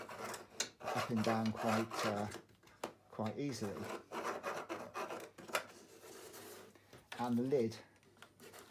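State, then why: Seated. Someone talks while a lid is fitted onto the body of a parkrun finishing token dispenser, with rubbing and scraping sounds throughout. The lid clicks into place at 8.2 s, and the dispenser is assembled.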